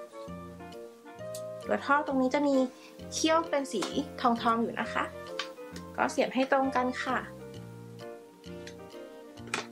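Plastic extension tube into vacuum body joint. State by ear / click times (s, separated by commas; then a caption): seated / 9.5 s. A plastic extension tube for a Xiaomi Deerma VC811 cordless handheld vacuum is lined up by its gold tabs and pushed into the vacuum body joint while someone talks over background music. The tube clicks into the joint at 9.5 seconds and is seated.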